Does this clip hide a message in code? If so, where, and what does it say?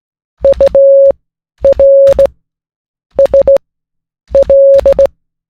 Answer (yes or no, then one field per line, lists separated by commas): yes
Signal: Morse code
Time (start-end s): 0.4-5.1 s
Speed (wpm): 17 wpm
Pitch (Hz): 550 Hz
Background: none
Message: URSL